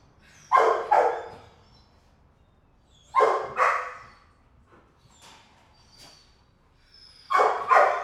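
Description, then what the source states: Dog barking in quick double bursts, three loud pairs of sharp barks a few seconds apart, with fainter sounds in the gaps. Kennel dog barking, recorded from different perspectives in a roomy, quiet room.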